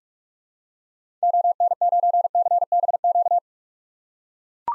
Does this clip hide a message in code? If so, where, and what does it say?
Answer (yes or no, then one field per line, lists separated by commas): yes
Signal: Morse code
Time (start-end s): 1.2-3.4 s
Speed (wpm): 42 wpm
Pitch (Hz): 700 Hz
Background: none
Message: ON9CBQ